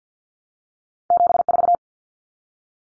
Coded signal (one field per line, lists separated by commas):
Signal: Morse code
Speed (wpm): 50 wpm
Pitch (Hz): 700 Hz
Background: none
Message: 74